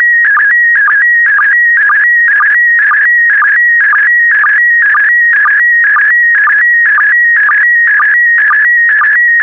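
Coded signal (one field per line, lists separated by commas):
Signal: SSTV (slow-scan television)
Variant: PD120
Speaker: the next image transmission will start in 10 seconds five four three two one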